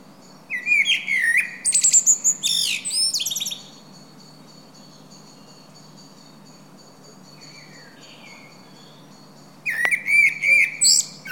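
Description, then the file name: Common blackbird song phrases at the start and end, each a mellow warble topped with piercing high twitters, separated by a long quiet lull with faint thin whistles. "Turdus merula"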